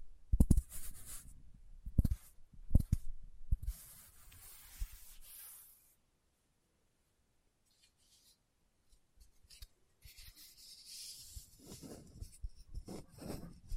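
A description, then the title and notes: Fingertip tapping opens with sharp, separate taps about once a second over a soft scratchy rubbing, fading out near six seconds. After a near-silent stretch with a few faint ticks, dense rustling and scratching returns from about ten seconds, with quick irregular taps through the end. ASMR Tapping with Fingertips (No Talking).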